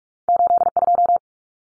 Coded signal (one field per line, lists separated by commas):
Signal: Morse code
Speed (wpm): 44 wpm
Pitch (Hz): 700 Hz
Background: none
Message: 82